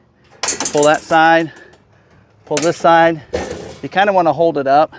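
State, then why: Seated. A Mountains 2 Metal flip-down metal attic storage shelf in a Bronco is raised until it latches into its roof-mounted brackets in the stowed position, giving a sharp metallic clink at 0.4 s. Someone talks afterward. The shelf is seated and locked in place.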